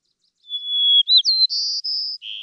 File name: White-crowned Sparrow